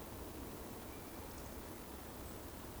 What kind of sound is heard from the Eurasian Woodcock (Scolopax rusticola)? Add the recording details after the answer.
whistle. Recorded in Baden-Württemberg, Germany, on 25 June 2020 at 19:52 UTC. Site 14569, 102 m above sea level